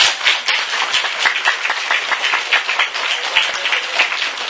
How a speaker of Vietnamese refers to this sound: Dân Maryland cho cậu tràng pháo tay.